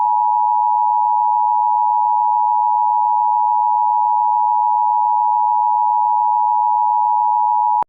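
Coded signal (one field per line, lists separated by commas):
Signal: Emergency Alert System (SAME) tones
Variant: 853 and 960 Hz attention tone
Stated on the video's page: Mock EAS alert, a simulated test of an EASyPLUS screen.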